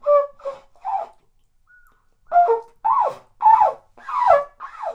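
Bird calls: a series of harmonic, arched, down-slurred whistled notes, in short groups separated by brief pauses.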